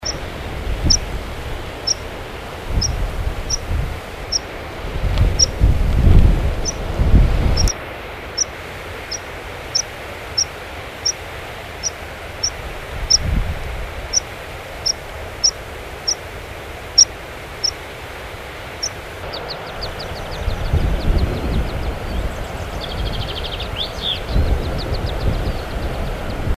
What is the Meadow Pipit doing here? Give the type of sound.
call